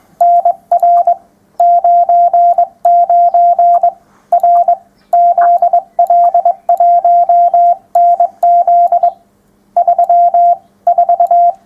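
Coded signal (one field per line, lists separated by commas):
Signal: Morse code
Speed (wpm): 22 wpm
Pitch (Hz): 700 Hz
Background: radio noise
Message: NR 99 R ZL1NZ 3 4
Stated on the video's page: Morse code talk and demonstration at a public event.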